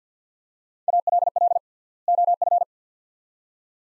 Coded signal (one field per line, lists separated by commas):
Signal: Morse code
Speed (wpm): 50 wpm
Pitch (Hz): 700 Hz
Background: none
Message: ALL OF